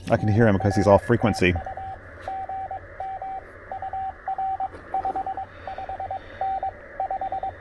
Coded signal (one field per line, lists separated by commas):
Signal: Morse code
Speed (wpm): 22 wpm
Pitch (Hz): 770 Hz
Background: speech, radio noise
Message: NR TU GM UR 55N 5